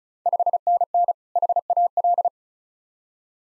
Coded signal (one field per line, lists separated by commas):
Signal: Morse code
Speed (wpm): 36 wpm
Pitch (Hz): 700 Hz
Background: none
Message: 5NN HAL